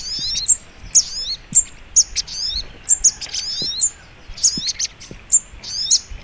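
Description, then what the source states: Little Spiderhunter song: high, sharp chirps with a short downslur, spaced at irregular intervals. Masteran (training) recording; song style called labaik.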